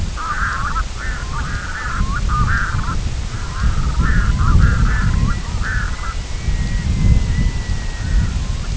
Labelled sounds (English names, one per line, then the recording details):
Red-throated Loon
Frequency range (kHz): Red-throated Loon 0.6-2.4 kHz
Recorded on Arctic tundra, site IGLO-F, on 22 June 2018
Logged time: 02:00